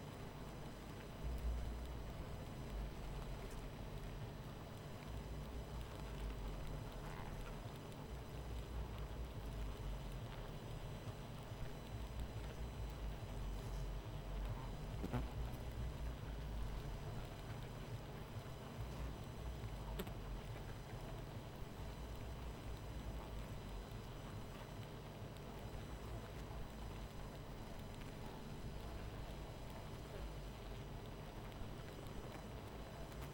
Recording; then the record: honeybee colony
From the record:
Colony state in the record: missing queen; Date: 14 July 2017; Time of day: 23:39